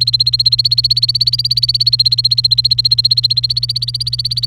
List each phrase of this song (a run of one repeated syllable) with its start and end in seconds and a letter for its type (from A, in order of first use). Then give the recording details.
0.00-4.46 A. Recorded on 29 April 2018 at 14:02. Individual llb3